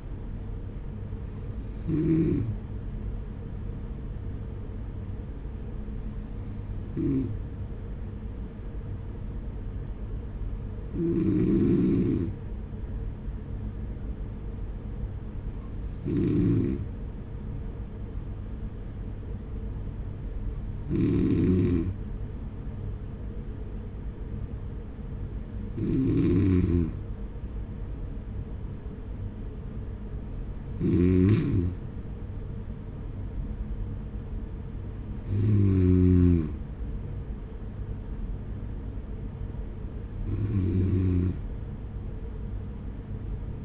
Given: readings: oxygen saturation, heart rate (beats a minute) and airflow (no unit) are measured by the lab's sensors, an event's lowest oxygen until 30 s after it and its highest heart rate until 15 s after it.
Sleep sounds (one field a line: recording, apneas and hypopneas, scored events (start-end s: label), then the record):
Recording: breathing in sleep by a smartphone at the bedside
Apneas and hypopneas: none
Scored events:
none scored
From the record:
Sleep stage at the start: N2 (light sleep)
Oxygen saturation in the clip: 94%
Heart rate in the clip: 45 to 48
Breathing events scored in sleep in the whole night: 210 in 6.9 hours asleep